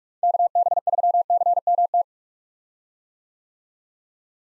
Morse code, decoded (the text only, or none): KB3CMT